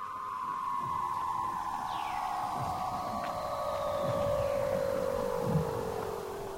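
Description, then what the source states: Weddell seal underwater call: a long eerie tone sliding slowly downward, with fainter descending sweeps above it and low thumps beneath. Calls of seals below the sea ice, heard through 6.5 feet of ice near Ross Island, Antarctica; the underwater sounds are part of competition for breeding success.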